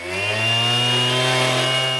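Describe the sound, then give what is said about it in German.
A heavy stone saw whines steadily as a volunteer cuts through hard rock at the El Manzano dinosaur fossil dig in the Patagonian desert, a loud, sustained high-pitched mechanical drone with strong harmonic overtones, no voices present. “Das jaulende Geräusch einer Steinsäge durchbricht die lautlose Stille der patagonischen Wüste.”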